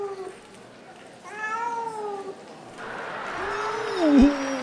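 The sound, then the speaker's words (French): Lions devouring people let out a series of drawn-out, wavering roars and snarls over a rumbling wash of noise, ending in one louder growl that dips sharply in pitch. “Ils se font manger par les lions.”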